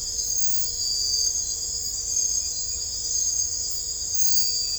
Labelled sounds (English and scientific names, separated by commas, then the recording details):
none
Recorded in dense forest near Puerto Asís, Putumayo, Colombia, on 21 December 2024 at 02:30
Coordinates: 0.500, -76.322
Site G053